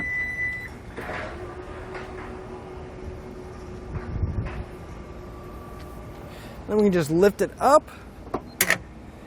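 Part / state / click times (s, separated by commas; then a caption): platform bike rack tilt pivot latch on hitch mount / seated / 8.6 s. A hitch-mounted Swagman Chinook 2-bike platform rack on a 2020 Toyota Highlander, with a bike on it, is lifted from its tilted-down position back upright while someone talks. A series of rattling metal creaks from about 6.7 to 7.8 s is followed by a sharp click at 8.6 s as the metal pivot latch locks the rack back in its upright position.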